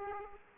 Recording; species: mosquito wingbeat signal from an infrared sensor; Aedes aegypti